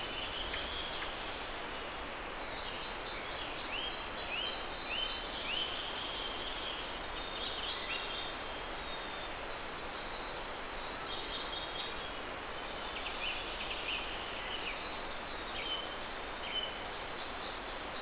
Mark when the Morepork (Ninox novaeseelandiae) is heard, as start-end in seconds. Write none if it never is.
none